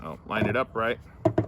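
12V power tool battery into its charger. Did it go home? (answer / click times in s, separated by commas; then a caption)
no / none. A 12V slide-on power tool battery is lined up on its charger's prongs and handled while someone talks. A few short knocks are heard near the end at about 1.3, 1.4 and 1.5 seconds. The battery has not clicked into place or seated yet.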